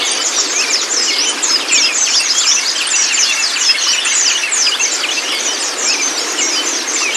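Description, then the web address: White-eye song: dense, overlapping high twittering and quick chirps from several birds, continuous and busy throughout, with no pauses. Therapy training audio for a pleci, meant to get the bird to open its beak and start singing; masteran recording. "audio pleci-terapi-buka-paruh. masteran pleci"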